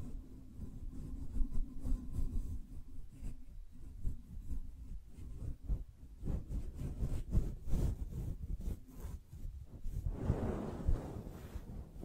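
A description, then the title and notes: Soft brushing strokes sweep over a low, steady rumble, arriving as quick, uneven swishes every fraction of a second with a bright hiss on top. Near the ten-second mark a fuller, rougher scrub rises briefly before the strokes settle again. ASMR Gently Brushing Your Brain (No Talking).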